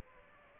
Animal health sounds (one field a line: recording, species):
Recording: mosquito wingbeat signal from an infrared sensor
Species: Aedes aegypti